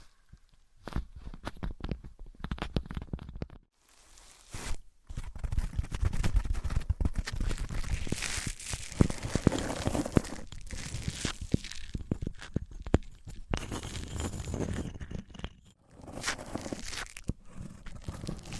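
Materials such as wood, cork, sponge, foam, glass and plastic are handled and rubbed against each other, making dense crackling, crunching and crinkling sounds with low knocks underneath. A brighter, steadier scraping rises around eight to ten seconds. Brief silences fall near four and sixteen seconds.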